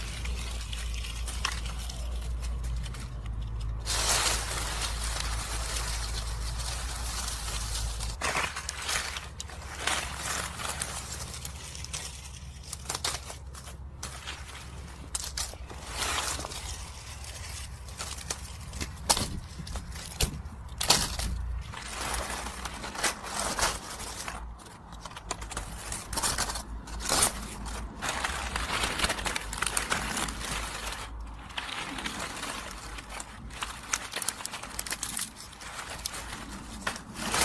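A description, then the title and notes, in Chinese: Footsteps crunch through dry fallen leaves, a dense, irregular run of crisp crackles and rustles that carries on without a break, with sharper crunches every second or so. A low rumble sits underneath during the first eight seconds, then fades. 踩落叶的声音。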